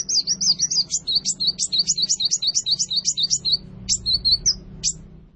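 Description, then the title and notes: Eurasian tree sparrow chirping a quick series of short, high, sharp notes, then a few spaced chirps. Indonesian burung gereja; fighting (tarung) sparrow giving long 'nembak' bursts with a clear voice, used as a master recording for training birds for song competitions. "GEREJA TARUNG NEMBAK PANJANG SUARA JERNIH MASTERAN WAJIB BURUNG LOMBA. Burung Gereja"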